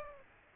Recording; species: mosquito wingbeat signal from an infrared sensor; Aedes aegypti